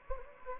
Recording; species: mosquito wingbeat signal from an infrared sensor; Anopheles gambiae